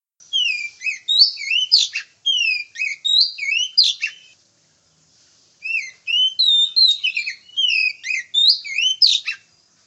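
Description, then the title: Oriental magpie-robin calling in varied whistled slurs and clipped chirps, a busy phrase, a pause of about two seconds, then another similar run. Female. "suara burung kacer betina"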